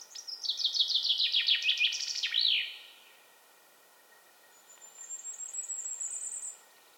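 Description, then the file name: Common chaffinch singing one descending trill that closes with a sharp flourish, followed by a long thin high whistle. "Fringilla coelebs"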